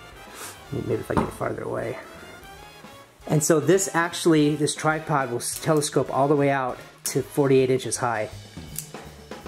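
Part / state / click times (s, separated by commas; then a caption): spring lock pin in a telescoping tripod leg section / seated / 8.8 s. Someone talks over music while pulling a mid-century Minette vintage metal telescoping tripod leg out to its full 48-inch height. At 8.8 s, a spring pin snaps into its locking hole with a sharp click, and the leg locks in place at full extension.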